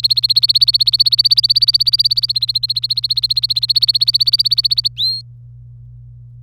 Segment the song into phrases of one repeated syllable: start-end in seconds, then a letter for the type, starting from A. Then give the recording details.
0.03-4.88 A, 4.96-5.21 B. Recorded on 25 April 2018 at 16:35. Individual llb3